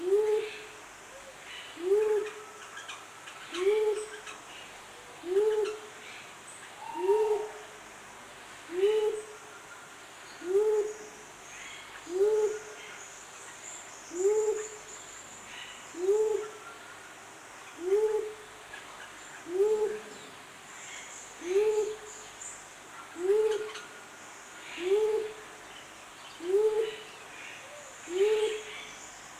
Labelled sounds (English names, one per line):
Mindanao Bleeding-heart call